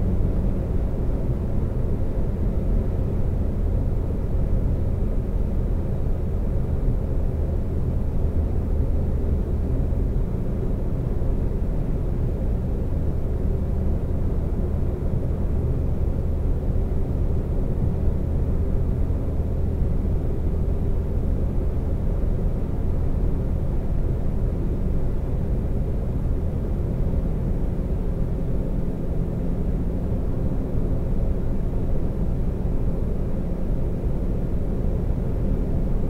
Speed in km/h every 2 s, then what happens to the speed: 129, 126, 122, 119, 114, 116, 116, 116, 116, 118, 118, 119, 119, 119, 121, 122, 122, 122.
0-7 slows to 114. 7-36 steady at about 118.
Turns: none.